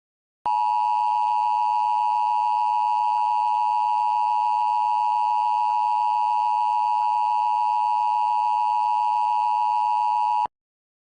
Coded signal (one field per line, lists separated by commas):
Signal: Emergency Alert System (SAME) tones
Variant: 853 and 960 Hz attention tone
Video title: [VALID EAS TONES] EAS Recreation - Missoula, MT, Administrative Message